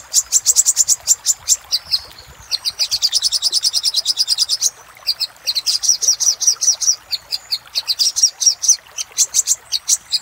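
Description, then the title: Little spiderhunter song, high thin notes repeated rapidly, breaking into quicker buzzy trilled runs, with short gaps between phrases. Master recording for training cage birds; labaik variant. "Masteran Burung Sogok Ontong Labaik"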